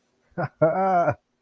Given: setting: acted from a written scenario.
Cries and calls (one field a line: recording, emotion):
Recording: vocal sound without words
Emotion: amusement